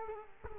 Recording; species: mosquito wingbeat signal from an infrared sensor; Culex quinquefasciatus